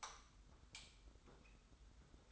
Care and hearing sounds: daily activity, microphone in the room; light off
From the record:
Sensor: 3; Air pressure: 991.0 hPa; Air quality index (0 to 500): 114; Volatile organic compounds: 67 ppm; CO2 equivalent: 3491 ppm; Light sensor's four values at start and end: 39/95/38/35 and 36/86/35/32

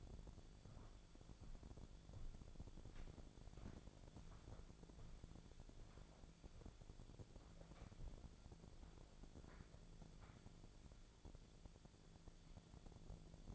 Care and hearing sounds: daily activity, microphone in the room; walk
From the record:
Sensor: 5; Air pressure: 1008.4 hPa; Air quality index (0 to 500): 155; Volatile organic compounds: 3 ppm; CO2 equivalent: 1491 ppm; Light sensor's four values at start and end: 66/181/71/72 and 66/181/71/72

